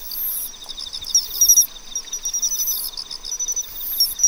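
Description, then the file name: Pine cricket song, quick series of clear pulsed chirps with brief bell-like notes, set against continuous high insect buzzing. "Matsumushi"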